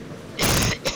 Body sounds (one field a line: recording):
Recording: coughing mixed with background sound